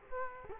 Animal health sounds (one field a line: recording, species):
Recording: mosquito wingbeat signal from an infrared sensor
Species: Culex quinquefasciatus